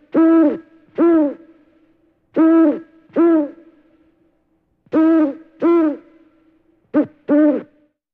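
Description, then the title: Owl hoots in steady pairs of rounded, bending notes, four pairs in all, the last pair starting with a clipped shorter note; silence between. "Owl Hooting"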